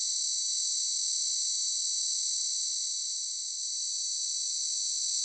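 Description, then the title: Cicada song, a steady, unbroken high-pitched buzz that holds the same shrill tone throughout with no pauses. "Cicada_short"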